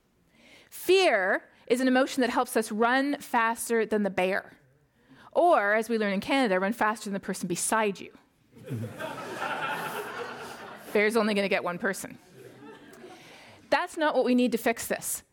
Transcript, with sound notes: Fear is an emotion that helps us run faster than the bear, or as we learn in Canada run faster than the person beside you.
[Laughter]
Bear is only gonna get one person. That’s not what we need to fix this.